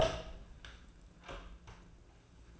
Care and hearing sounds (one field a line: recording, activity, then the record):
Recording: daily activity, microphone in the room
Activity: open door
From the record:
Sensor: 2